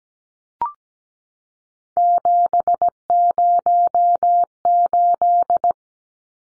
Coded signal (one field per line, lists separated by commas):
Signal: Morse code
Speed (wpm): 17 wpm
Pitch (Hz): 700 Hz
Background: none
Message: 708